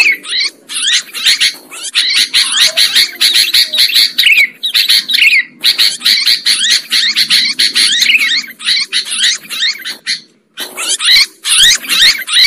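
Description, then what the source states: Sooty-headed bulbul song made of rapid, jumbled chattering notes in bursts, with a brief silence near ten seconds before the chatter resumes. Used as a bird lure.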